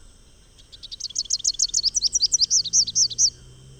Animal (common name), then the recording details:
Rufous-capped Warbler. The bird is a male. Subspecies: salvini. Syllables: 29. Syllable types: 7. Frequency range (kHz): 3.0-7.7 kHz. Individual TX-SGN-M